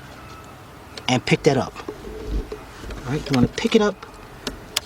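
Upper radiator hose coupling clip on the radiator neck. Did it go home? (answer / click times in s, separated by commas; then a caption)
released / 4.8 s. Someone talks while prying up the plastic locking clip on a BMW 528i's upper radiator hose coupling at the radiator neck with a flat screwdriver. At 4.8 s the clip gives a sharp click as it locks into its raised, unlocked position, which frees the hose.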